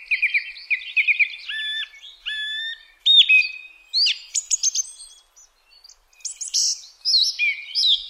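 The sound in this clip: Song thrush song: varied whistled and chirped phrases, several repeated two or three times, alternating with short pauses.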